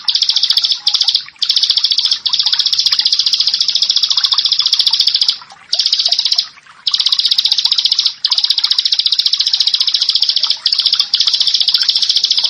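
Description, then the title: Bar-winged prinia song, a rapid run of high, buzzy repeated notes broken by several short pauses. "Ciblek Sawah 1"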